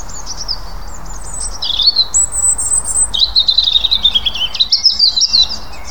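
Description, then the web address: European robin song: thin, high warbled phrases that jump abruptly between pitches, with a brief trill near the end over a soft low background hum. "SETE data Erithacus rubecula"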